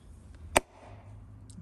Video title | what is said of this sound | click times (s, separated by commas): VW 2020 Air filter change - How To | if you hear that snap so you put it back into the hole | 0.6 s